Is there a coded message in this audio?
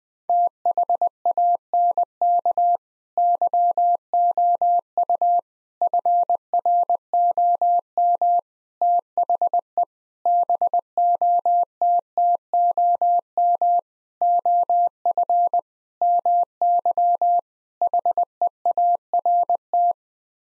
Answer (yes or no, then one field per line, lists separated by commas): yes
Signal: Morse code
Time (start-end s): 0.3-19.9 s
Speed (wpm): 20 wpm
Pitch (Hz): 700 Hz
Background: none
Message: THANK YOU FROM THE BOTTOM OF MY HEART